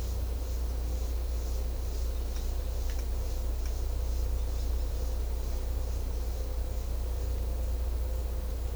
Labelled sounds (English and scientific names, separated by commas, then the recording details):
none
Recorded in secondary vegetation near Puerto Asís, Putumayo, Colombia, on 16 December 2024 at 10:30
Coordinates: 0.500, -76.326
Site G065